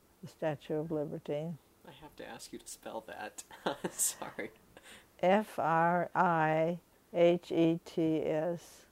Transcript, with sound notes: the Statue of Liberty.
I have to ask you to spell that. (he laughs) I'm sorry.
F-R-I-H-E-T-S.